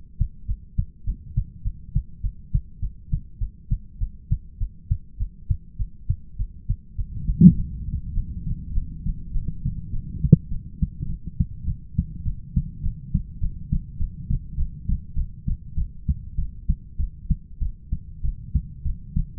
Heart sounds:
heart sounds by stethoscope; 101 bpm
0.45 s: heartbeat
1.04 s: heartbeat
1.62 s: heartbeat
2.20 s: heartbeat
2.79 s: heartbeat
3.38 s: heartbeat
3.98 s: heartbeat
4.57 s: heartbeat
5.17 s: heartbeat
5.76 s: heartbeat
6.36 s: heartbeat
6.95 s: heartbeat
7.54 s: heartbeat
8.13 s: heartbeat
8.73 s: heartbeat
9.32 s: heartbeat
9.90 s: heartbeat
10.49 s: heartbeat
11.07 s: heartbeat
11.65 s: heartbeat
12.24 s: heartbeat
12.82 s: heartbeat
13.39 s: heartbeat
13.97 s: heartbeat
14.56 s: heartbeat
15.15 s: heartbeat
15.75 s: heartbeat
16.36 s: heartbeat
16.97 s: heartbeat
17.60 s: heartbeat
18.22 s: heartbeat
18.84 s: heartbeat
From the record:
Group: heart failure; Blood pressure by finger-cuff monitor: 72/50 mmHg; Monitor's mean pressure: 59 mmHg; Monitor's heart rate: 103 bpm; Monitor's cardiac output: 8 L/min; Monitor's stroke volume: 78 mL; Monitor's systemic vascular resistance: 510 dyn s/cm5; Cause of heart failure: ischemic heart disease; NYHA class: 1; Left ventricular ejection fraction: 38%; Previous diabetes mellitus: present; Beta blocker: bisoprolol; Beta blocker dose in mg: 15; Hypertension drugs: sacubitril-valsartan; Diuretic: furosemide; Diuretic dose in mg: 20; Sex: male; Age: 33 years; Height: 172 cm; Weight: 78.5 kg

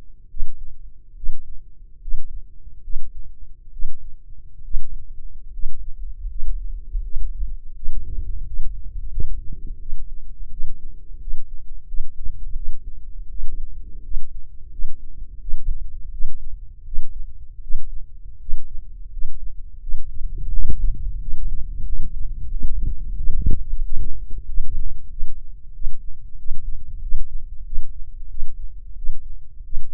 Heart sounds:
heart sounds by microphone in the left ear; 84 bpm
0.28 s: heartbeat
1.14 s: heartbeat
2.00 s: heartbeat
2.81 s: heartbeat
3.71 s: heartbeat
4.62 s: heartbeat
5.51 s: heartbeat
6.27 s: heartbeat
7.01 s: heartbeat
7.74 s: heartbeat
8.44 s: heartbeat
9.10 s: heartbeat
9.78 s: heartbeat
10.50 s: heartbeat
11.19 s: heartbeat
11.86 s: heartbeat
12.54 s: heartbeat
13.28 s: heartbeat
14.02 s: heartbeat
14.70 s: heartbeat
15.39 s: heartbeat
16.11 s: heartbeat
16.84 s: heartbeat
17.61 s: heartbeat
18.39 s: heartbeat
19.10 s: heartbeat
19.80 s: heartbeat
20.51 s: heartbeat
21.19 s: heartbeat
21.85 s: heartbeat
22.50 s: heartbeat
23.15 s: heartbeat
23.82 s: heartbeat
24.45 s: heartbeat
25.09 s: heartbeat
25.72 s: heartbeat
26.37 s: heartbeat
27.00 s: heartbeat
27.64 s: heartbeat
28.28 s: heartbeat
28.95 s: heartbeat
29.63 s: heartbeat
From the record:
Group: healthy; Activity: rest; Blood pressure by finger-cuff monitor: 141/83 mmHg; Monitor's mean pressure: 103 mmHg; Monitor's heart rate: 81 bpm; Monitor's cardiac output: 6.2 L/min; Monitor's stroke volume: 74 mL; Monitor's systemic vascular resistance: 1180 dyn s/cm5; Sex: male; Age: 21 years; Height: 180 cm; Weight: 67.5 kg

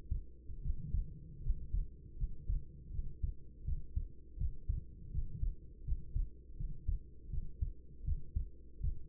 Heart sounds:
heart sounds by stethoscope; 81 bpm
0.61 s: heartbeat
1.41 s: heartbeat
2.16 s: heartbeat
2.90 s: heartbeat
3.64 s: heartbeat
4.36 s: heartbeat
5.10 s: heartbeat
5.83 s: heartbeat
6.55 s: heartbeat
7.29 s: heartbeat
8.03 s: heartbeat
8.79 s: heartbeat
From the record:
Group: healthy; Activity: rest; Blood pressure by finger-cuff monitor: 97/54 mmHg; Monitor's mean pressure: 68 mmHg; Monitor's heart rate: 82 bpm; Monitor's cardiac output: 7 L/min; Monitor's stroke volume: 86 mL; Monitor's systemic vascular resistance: 670 dyn s/cm5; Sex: female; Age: 26 years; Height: 165 cm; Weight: 55 kg

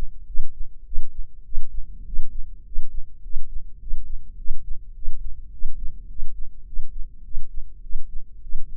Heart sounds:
heart sounds by microphone in the left ear; 103 bpm
0.26 s: heartbeat
0.85 s: heartbeat
1.44 s: heartbeat
2.05 s: heartbeat
2.64 s: heartbeat
3.22 s: heartbeat
3.79 s: heartbeat
4.37 s: heartbeat
4.94 s: heartbeat
5.51 s: heartbeat
6.08 s: heartbeat
6.65 s: heartbeat
7.23 s: heartbeat
7.82 s: heartbeat
8.42 s: heartbeat
From the record:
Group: healthy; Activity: cold pressor test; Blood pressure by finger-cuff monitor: 165/118 mmHg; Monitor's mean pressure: 129 mmHg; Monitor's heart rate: 105 bpm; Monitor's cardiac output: 7.9 L/min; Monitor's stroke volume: 77 mL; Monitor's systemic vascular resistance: 1230 dyn s/cm5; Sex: male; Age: 23 years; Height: 179 cm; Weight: 87 kg

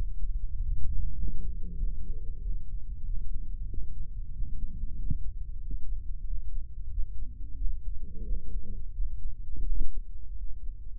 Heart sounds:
heart sounds by microphone in the right ear; 92 bpm
0.53 s: heartbeat
1.15 s: heartbeat
1.78 s: heartbeat
2.40 s: heartbeat
3.04 s: heartbeat
3.68 s: heartbeat
4.32 s: heartbeat
4.97 s: heartbeat
5.61 s: heartbeat
6.25 s: heartbeat
6.90 s: heartbeat
7.56 s: heartbeat
8.23 s: heartbeat
8.93 s: heartbeat
9.64 s: heartbeat
10.36 s: heartbeat
From the record:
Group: healthy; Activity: cold pressor test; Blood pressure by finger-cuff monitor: 146/92 mmHg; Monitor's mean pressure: 106 mmHg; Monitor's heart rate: 94 bpm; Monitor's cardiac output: 8 L/min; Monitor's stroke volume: 84 mL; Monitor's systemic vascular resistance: 980 dyn s/cm5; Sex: male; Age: 57 years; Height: 188 cm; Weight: 106 kg

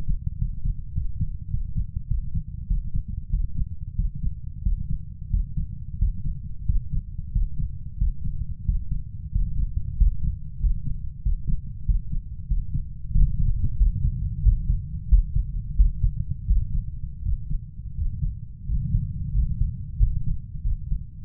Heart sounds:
heart sounds by stethoscope; 92 bpm
0.40 s: heartbeat
0.95 s: heartbeat
1.52 s: heartbeat
2.09 s: heartbeat
2.69 s: heartbeat
3.32 s: heartbeat
3.98 s: heartbeat
4.65 s: heartbeat
5.32 s: heartbeat
6.01 s: heartbeat
6.68 s: heartbeat
7.34 s: heartbeat
8.00 s: heartbeat
8.67 s: heartbeat
9.34 s: heartbeat
10.00 s: heartbeat
10.63 s: heartbeat
11.25 s: heartbeat
11.88 s: heartbeat
12.50 s: heartbeat
13.14 s: heartbeat
13.79 s: heartbeat
14.45 s: heartbeat
15.11 s: heartbeat
15.78 s: heartbeat
16.49 s: heartbeat
17.25 s: heartbeat
17.98 s: heartbeat
18.69 s: heartbeat
19.35 s: heartbeat
20.00 s: heartbeat
20.65 s: heartbeat
From the record:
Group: healthy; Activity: Valsalva maneuver 0-13 s, rest 13-21 s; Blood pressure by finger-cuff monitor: 161/94 mmHg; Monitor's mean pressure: 106 mmHg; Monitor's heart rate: 91 bpm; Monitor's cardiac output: 6.9 L/min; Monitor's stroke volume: 78 mL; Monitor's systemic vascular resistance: 1140 dyn s/cm5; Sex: male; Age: 21 years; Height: 175 cm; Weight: 72.6 kg

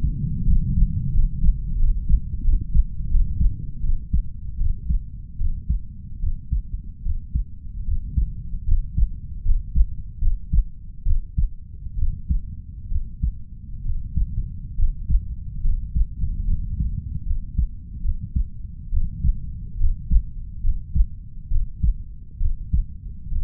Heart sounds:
heart sounds by stethoscope; 74 bpm
0.43 s: heartbeat
1.10 s: heartbeat
1.76 s: heartbeat
2.41 s: heartbeat
3.07 s: heartbeat
3.80 s: heartbeat
4.57 s: heartbeat
5.37 s: heartbeat
6.19 s: heartbeat
7.02 s: heartbeat
7.84 s: heartbeat
8.64 s: heartbeat
9.42 s: heartbeat
10.18 s: heartbeat
11.03 s: heartbeat
11.95 s: heartbeat
12.88 s: heartbeat
13.82 s: heartbeat
14.75 s: heartbeat
15.61 s: heartbeat
16.44 s: heartbeat
17.23 s: heartbeat
18.01 s: heartbeat
18.89 s: heartbeat
19.76 s: heartbeat
20.61 s: heartbeat
21.48 s: heartbeat
22.37 s: heartbeat
23.28 s: heartbeat
From the record:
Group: healthy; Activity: rest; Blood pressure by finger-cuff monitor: 113/66 mmHg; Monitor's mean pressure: 80 mmHg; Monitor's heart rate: 72 bpm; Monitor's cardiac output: 5.5 L/min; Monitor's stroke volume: 75 mL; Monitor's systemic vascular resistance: 1030 dyn s/cm5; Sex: female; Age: 32 years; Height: 168 cm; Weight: 61.9 kg

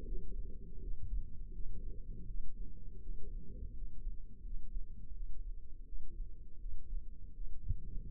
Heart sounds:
heart sounds by microphone in the left ear; 82 bpm
0.04 s: heartbeat
0.78 s: heartbeat
1.51 s: heartbeat
2.26 s: heartbeat
3.00 s: heartbeat
3.73 s: heartbeat
4.41 s: heartbeat
5.12 s: heartbeat
5.84 s: heartbeat
6.57 s: heartbeat
7.32 s: heartbeat
8.05 s: heartbeat
From the record:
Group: healthy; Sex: female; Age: 22 years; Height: 160 cm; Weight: 63 kg

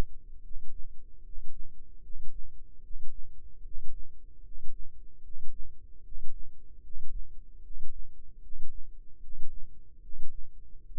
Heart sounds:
heart sounds by microphone in the left ear; 75 bpm
0.41 s: heartbeat
1.22 s: heartbeat
2.01 s: heartbeat
2.81 s: heartbeat
3.62 s: heartbeat
4.42 s: heartbeat
5.21 s: heartbeat
6.02 s: heartbeat
6.81 s: heartbeat
7.61 s: heartbeat
8.40 s: heartbeat
9.19 s: heartbeat
10.00 s: heartbeat
10.85 s: heartbeat
From the record:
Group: healthy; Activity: rest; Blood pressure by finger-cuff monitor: 108/63 mmHg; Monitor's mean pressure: 75 mmHg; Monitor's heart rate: 76 bpm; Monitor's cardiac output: 7.3 L/min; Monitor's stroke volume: 98 mL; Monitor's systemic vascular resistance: 720 dyn s/cm5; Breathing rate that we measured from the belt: 22 breaths a minute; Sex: male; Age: 35 years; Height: 180 cm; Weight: 86.9 kg

